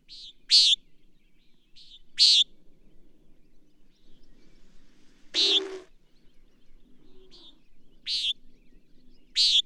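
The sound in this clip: Bird song: high buzzy chirps, some with a quieter lead-in note, repeated irregularly, plus a single broad rustle midway.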